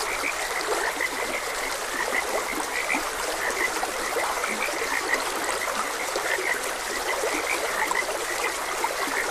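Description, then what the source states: Frogs giving short repeated croaks among many overlapping callers, with a stream's rushing water prominent throughout. Frogs croaking beside a gentle stream.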